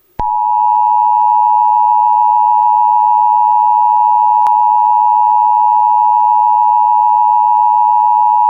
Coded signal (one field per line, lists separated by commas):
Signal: Emergency Alert System (SAME) tones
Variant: 853 and 960 Hz attention tone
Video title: USA EAS Alarm - Emergency Action Notification (FIXED)